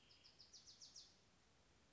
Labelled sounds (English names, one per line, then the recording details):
Bewick's Wren
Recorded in Sonoma County, California